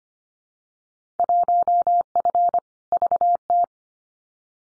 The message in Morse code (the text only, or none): 1F VT